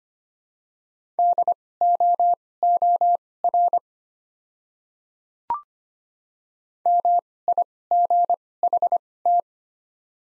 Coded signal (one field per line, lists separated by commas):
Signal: Morse code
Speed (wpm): 25 wpm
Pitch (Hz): 700 Hz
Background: none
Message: DOOR MIGHT